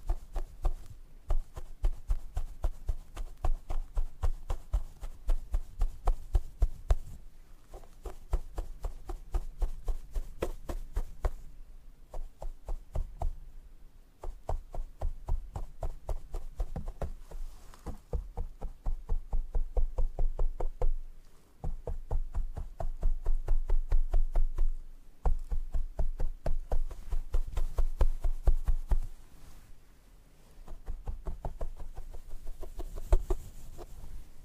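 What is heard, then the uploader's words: Scalp massage and hair brushing, heard as quick, dense runs of scratchy strokes in fast regular bursts. Brief pauses break the rhythm every few seconds, near 7, 12, 14, 21, 25 and 30 seconds. A steady low thump runs under the brushing throughout. Scalp Massage & Hair Brushing.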